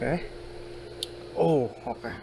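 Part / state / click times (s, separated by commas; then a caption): fuel door actuator or its connector into the fuel door housing / seated / 1.0 s. A replacement fuel door actuator, or its connector, is pushed home into the fuel door housing of a Genesis GV70 while it is being installed. A single sharp click is heard at 1.0 s, showing the part has seated, while someone talks before and after it.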